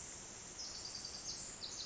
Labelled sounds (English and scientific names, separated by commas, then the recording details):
Pacific Wren (Troglodytes pacificus)
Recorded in Sonoma County, California